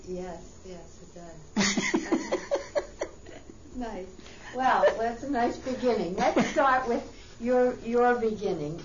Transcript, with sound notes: Yes, yes it does. (laughs) Well, that's a nice beginning. Let's start with your beginning.